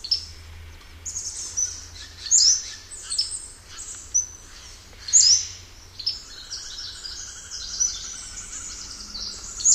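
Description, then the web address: Pacific-slope flycatcher giving piercing high upslurred notes and clipped calls at uneven intervals. North America; a common western species. "Songs of Birds of North America. Pacific-slope Flycatcher"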